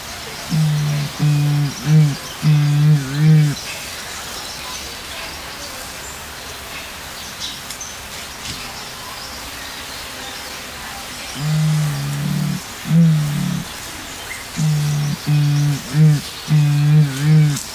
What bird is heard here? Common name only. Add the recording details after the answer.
Bare-faced Curassow. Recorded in captivity. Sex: male. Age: adult. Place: Zoo Berlin, Berlin, DE. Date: 1999-09-04 10:54. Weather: sonnig, 21°C. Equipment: Sony WM-D6C, Sennheiser ME 80, Kopie Uher 4000 Report Monitor. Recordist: Tembrock, Günter. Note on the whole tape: Männchen am Gitter: dunkle Lautfolge (mit Kopfbeuge)